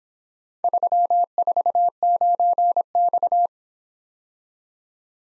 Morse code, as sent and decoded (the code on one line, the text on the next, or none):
...-- ....- ----. -..-
349X